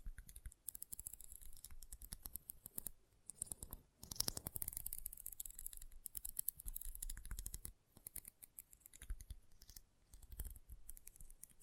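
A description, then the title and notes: Intense magnetic tingles: a dense run of crisp snipping and scratching clicks, bright and fast, fluttering almost continuously for twelve seconds. Brief pauses fall near two, four and eight seconds, with a louder, fuller burst just after four seconds and another near ten. ASMR Intense Magnetic Tingles (No Talking).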